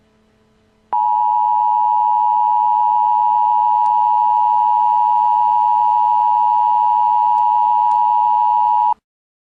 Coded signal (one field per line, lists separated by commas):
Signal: Emergency Alert System (SAME) tones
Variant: 853 and 960 Hz attention tone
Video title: Nuclear bomb eas fake prank free to use